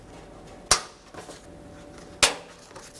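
A plastic trim piece on the back of a 2012–2017 Toyota Camry fender is pressed on so its clips snap into place, giving a sharp snap at 0.7 s. A second, similar sharp snap follows at about 2.2 s, with faint handling noise in between. The clips are seated.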